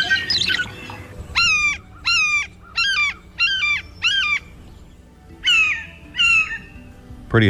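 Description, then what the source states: Blue jay calls: a harsh rasp, then five loud, ringing jay notes in quick series, and two more after a pause. Many sounds and calls of the blue jay, a member of the corvid family.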